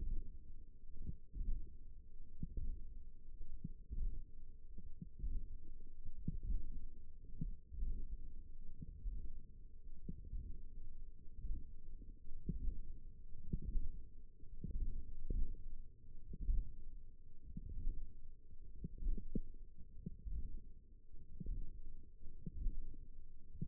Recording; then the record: forearm muscle sounds (acoustic myography)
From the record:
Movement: hand closing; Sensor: system 1, eight BSWA MPA416 microphones around the upper forearm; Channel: 2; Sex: female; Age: 20 years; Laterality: right